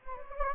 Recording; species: mosquito wingbeat signal from an infrared sensor; Anopheles gambiae